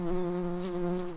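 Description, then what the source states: Brown-banded carder bee buzzing: a steady, low droning hum with rich overtones, holding an even pitch for just over a second before stopping abruptly. Queens.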